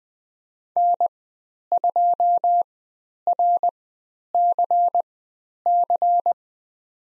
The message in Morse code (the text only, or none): N2RCC